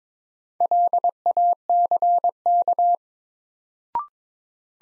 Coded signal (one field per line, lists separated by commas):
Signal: Morse code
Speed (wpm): 22 wpm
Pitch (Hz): 700 Hz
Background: none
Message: LACK